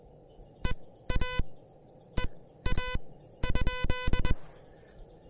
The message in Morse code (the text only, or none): EA EA?